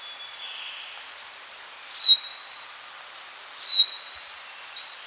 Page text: Short-Billed Minivet Call. Quick Sounds